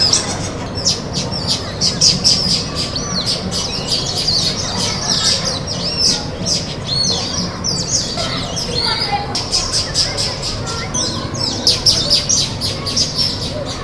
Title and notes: Nkolmbong-Nord neighborhood, Émana, Yaoundé 1, Cameroon. December 19, 2025, 4:52 p.m. Sounds captured: flock of Bar-breasted Mousebirds in the leaves of a betel nut palm